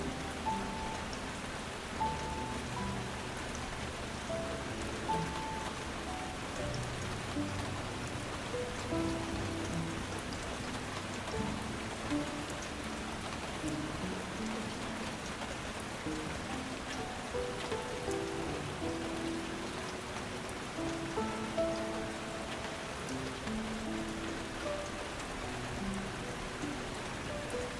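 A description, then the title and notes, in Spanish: Heavy rain falls steadily and densely throughout, a constant hiss across the whole range. Beneath it, soft sustained musical tones drift in slow, held notes low and in the middle, changing gently every few seconds without any sharp events. LLUVIA Intensa y MÚSICA Relajante. El sonido refrescante de una lluvia intensa, acompañado de suaves armonías musicales.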